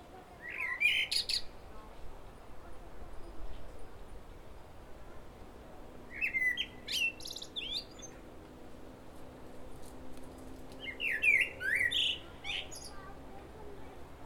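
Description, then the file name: Common blackbird song: three separate phrases, each a low mellow warble that breaks into a squeaky high twitter, spaced about five seconds apart over steady low background rumble. "Turdus merula"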